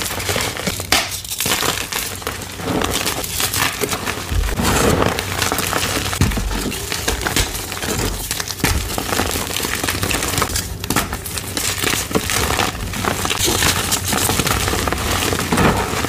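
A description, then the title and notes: Gym chalk is crumbled, rubbed and crinkled without pause, a dense, grainy crunching that stays fairly even in loudness for the whole stretch. Small bursts of sharper, brighter crackles break through often, with a few softer, lower handling thumps around four to six seconds. Rainbow gym chalk compilation.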